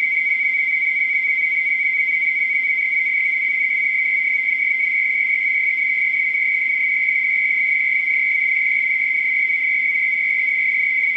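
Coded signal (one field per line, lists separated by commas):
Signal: NAVTEX (SITOR-B)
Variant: 100 baud SITOR-B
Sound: steady warbling two-tone buzz around 2 kHz, unchanging for eleven seconds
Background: radio static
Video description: This is a recording of the Navtex startup transmission from Niton on the Isle of Wight. Received frequency is 518KHz.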